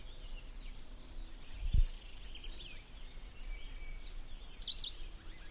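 White-winged brush finch calls: a short rapid series of very high, sharp, descending notes near the end, with a brief low thump earlier.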